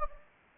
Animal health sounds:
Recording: mosquito wingbeat signal from an infrared sensor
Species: Anopheles gambiae

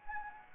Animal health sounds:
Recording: mosquito wingbeat signal from an infrared sensor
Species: Anopheles gambiae

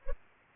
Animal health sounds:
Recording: mosquito wingbeat signal from an infrared sensor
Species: Culex pipiens

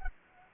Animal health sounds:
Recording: mosquito wingbeat signal from an infrared sensor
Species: Culex quinquefasciatus

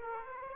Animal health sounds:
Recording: mosquito wingbeat signal from an infrared sensor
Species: Aedes aegypti

